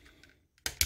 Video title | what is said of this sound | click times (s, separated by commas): Patriot Prime Reviews Kingdom Cyclonus | they will snap right into place | 0.7 s, 0.8 s